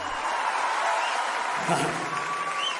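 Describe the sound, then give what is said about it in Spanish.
An audience claps steadily for a few seconds for a bass player at a music performance, a dense, even wash of applause mixed with a murmur of crowd voices, holding at a fairly constant loudness throughout. “Los aplausos también para él.”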